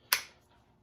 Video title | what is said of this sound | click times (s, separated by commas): Modifications to Caldwell Accumax carbon fiber 13-30 bi pods now with Harris attachments | um I'm still not crazy about it clip clicking into place | 0.1 s